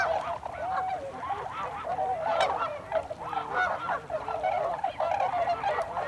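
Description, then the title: Tundra swans calling as a flock, a dense, continuous chorus of overlapping honking notes. Recorded 26 December 2020. "2020-12-26-Tundra-Swans"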